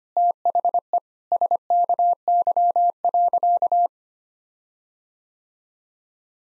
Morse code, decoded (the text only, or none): THE SKY.